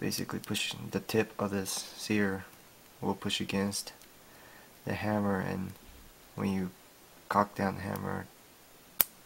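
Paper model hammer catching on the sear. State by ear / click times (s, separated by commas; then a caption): seated / 9.0 s. Someone talks while cocking back the hammer of a paper M1911 model, with the tip of the sear pushing against the hammer. A single sharp snap is heard at 9.0 s as the sear catches the hammer and it locks in place at half cock.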